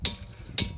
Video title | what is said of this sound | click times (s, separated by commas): How to Replace Front & Rear Brakes 2011-2021 Dodge Durango | that's it. I heard the click, so that's it. It doesn't take much force. | 0.0 s, 0.6 s